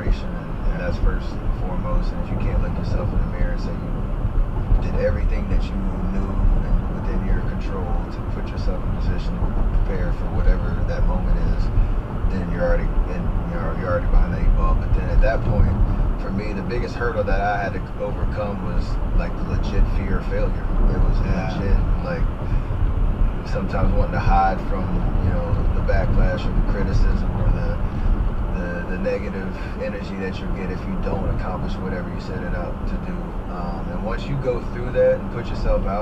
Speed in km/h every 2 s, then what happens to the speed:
69, 69, 68, 69, 69, 71, 72, 74, 76, 77, 81, 82, 82, 81, 74, 69, 66, 66.
0-9 steady at about 69. 9-25 speeds up to 82. 25-32 slows to 66.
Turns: none.